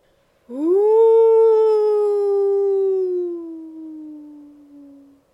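A wolf howls in the mountains: one long, loud, unbroken cry that swoops upward at the start, holds steady, then slowly sinks in pitch as it trails off over about five seconds.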